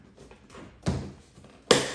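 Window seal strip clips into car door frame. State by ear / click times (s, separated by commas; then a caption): seated / 1.7 s. The inner window seal strip of a 2007-2009 Lexus RX350, rubber side up, is pressed onto the car door frame. A softer knock sounds at 0.9 s, then a sharp, loud snap at 1.7 s as its metal clips click into place. The seal is seated.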